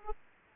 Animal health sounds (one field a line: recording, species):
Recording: mosquito wingbeat signal from an infrared sensor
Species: Aedes aegypti